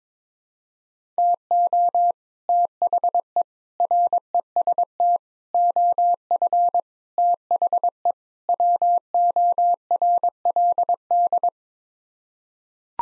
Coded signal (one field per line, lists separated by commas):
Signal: Morse code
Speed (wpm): 22 wpm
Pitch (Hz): 700 Hz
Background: none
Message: TO THE REST OF THE WORLD